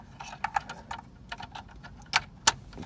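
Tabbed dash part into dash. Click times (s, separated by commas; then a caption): 2.5 s. A trim piece with its blue tab facing right is fitted into the dash of a 2005-2009 MK5 Volkswagen, with light plastic ticks and clicks as it is handled. It clicks into place with a sharp, loud snap at 2.5 s and is seated.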